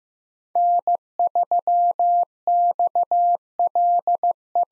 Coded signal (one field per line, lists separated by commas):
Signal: Morse code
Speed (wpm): 15 wpm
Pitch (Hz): 700 Hz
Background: none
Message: N3XLE